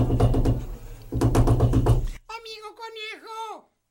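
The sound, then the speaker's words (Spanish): Insistent knocking on a door, two long bursts of rapid heavy raps with a brief pause between them, followed right after by a voice calling out. “Y de pronto llamaron a la puerta, con gran insistencia.”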